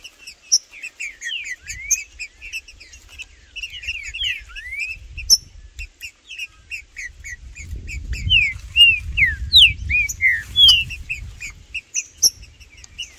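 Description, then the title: Green-winged saltator song: twittering and slurred whistles throughout, punctuated by sharp clicks, with a low rumbling background growing in the middle. In the bush; trinca-ferro calling, singing and displaying (macheando) in a dispute with a free-living wild bird; birds named Blindado and Tufão. "Seu TRINCA Piando, Cantando E Macheando Na DISPUTA. Trinca Ferro no MATO Cantando e Macheando muito com Solto! Blindado e Tufão no mato"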